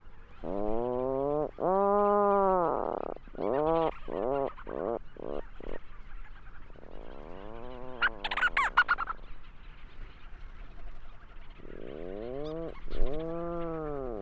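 Leach's storm-petrel calls in a halting series of nasal, arched, harmonic notes, some long and some clipped short, with a brief higher buzzy burst midway and quieter gaps between phrases.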